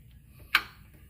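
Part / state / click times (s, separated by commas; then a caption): timing chain tensioner in engine timing cover / released / 0.5 s. Tension is applied to the timing chain guide on a 3.6 V6 engine until the timing chain tensioner in the timing cover releases, its ratchet popping out to take up the chain slack. A single solid, sharp ratchet pop is heard at 0.6 s against a quiet background, and the tensioner has popped out.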